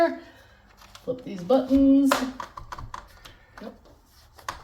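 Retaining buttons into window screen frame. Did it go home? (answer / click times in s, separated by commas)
yes / 4.5 s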